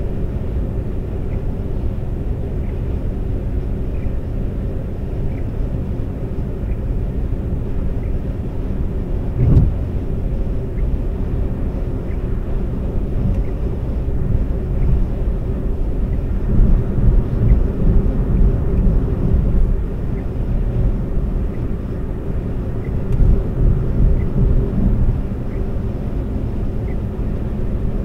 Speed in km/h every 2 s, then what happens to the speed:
124, 124, 124, 124, 124, 124, 124, 124, 124, 124, 122, 122, 122, 122.
0-28 steady at about 124.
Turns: none.